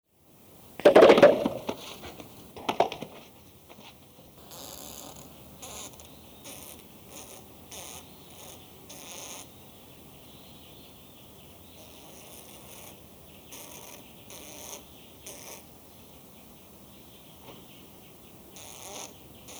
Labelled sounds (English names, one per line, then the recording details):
Western Gorilla
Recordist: Tembrock, Günter
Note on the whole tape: Männchen: Brusttrommeln, Geräusche (Lippengeräusche), Brummen